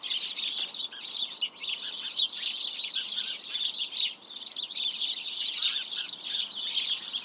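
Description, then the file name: House sparrows chirping in a dense, continuous chorus, many overlapping bright chirps, the flock chattering steadily throughout. "Passer domesticus"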